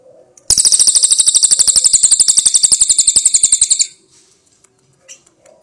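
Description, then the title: Cililin bird song: a fast, even trill of high, sharp notes lasting about three seconds, then stopping abruptly, followed by a few faint soft sounds. "Suara Burung Cililin"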